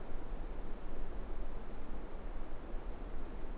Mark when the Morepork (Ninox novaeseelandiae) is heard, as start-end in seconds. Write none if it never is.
none